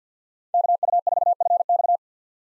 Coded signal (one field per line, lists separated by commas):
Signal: Morse code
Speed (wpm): 50 wpm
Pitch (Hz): 700 Hz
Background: none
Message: KU4FX